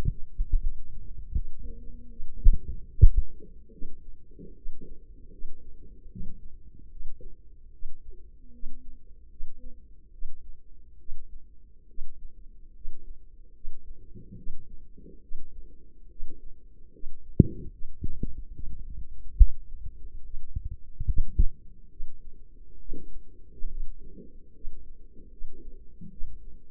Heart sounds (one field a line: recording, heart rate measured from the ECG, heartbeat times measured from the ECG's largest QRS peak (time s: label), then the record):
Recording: heart sounds by microphone in the left ear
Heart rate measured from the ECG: 73 bpm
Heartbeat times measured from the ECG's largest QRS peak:
0.58 s: heartbeat
1.31 s: heartbeat
2.07 s: heartbeat
2.86 s: heartbeat
3.69 s: heartbeat
4.53 s: heartbeat
5.29 s: heartbeat
6.06 s: heartbeat
6.87 s: heartbeat
7.70 s: heartbeat
8.50 s: heartbeat
9.27 s: heartbeat
10.10 s: heartbeat
10.96 s: heartbeat
11.85 s: heartbeat
12.71 s: heartbeat
13.51 s: heartbeat
14.34 s: heartbeat
15.19 s: heartbeat
16.07 s: heartbeat
16.90 s: heartbeat
17.69 s: heartbeat
18.51 s: heartbeat
19.35 s: heartbeat
20.21 s: heartbeat
21.04 s: heartbeat
21.87 s: heartbeat
22.77 s: heartbeat
23.67 s: heartbeat
24.51 s: heartbeat
25.28 s: heartbeat
26.08 s: heartbeat
From the record:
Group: healthy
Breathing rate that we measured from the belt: 15 breaths a minute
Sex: female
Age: 24 years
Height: 163 cm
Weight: 55.7 kg